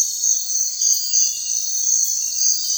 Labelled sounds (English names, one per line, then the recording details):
none
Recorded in secondary vegetation near Puerto Asís, Putumayo, Colombia, on 4 March 2025 at 05:30
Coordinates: 0.499, -76.323
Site G094